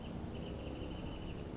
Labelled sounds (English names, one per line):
Wrentit